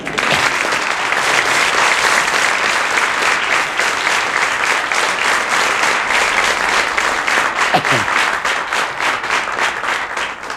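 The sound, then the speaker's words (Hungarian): Sustained audience applause greeting the contestant Mikes György on a cabaret show, a dense, steady wash of many hands clapping at even loudness for about ten seconds, with no one speaking over it. “Szerbusz, Gyuri, azt hiszem, én is üdvözölhetlek, ha közönség ilyen szeretettel üdvözölt.”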